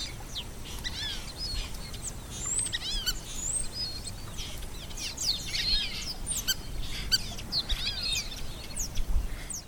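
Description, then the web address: Fulvous whistling ducks giving many high, thin whistles that rise and fall, overlapping in a busy chorus over steady background noise. "chant xeno-canto dendrocygne fauve"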